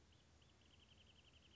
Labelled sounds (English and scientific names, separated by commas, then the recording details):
Wrentit (Chamaea fasciata)
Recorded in Sonoma County, California